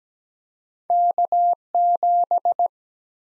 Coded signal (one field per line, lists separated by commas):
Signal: Morse code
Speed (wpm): 17 wpm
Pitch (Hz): 700 Hz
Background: none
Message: K7